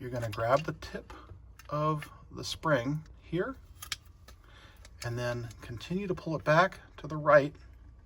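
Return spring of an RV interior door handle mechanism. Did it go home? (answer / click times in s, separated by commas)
no / none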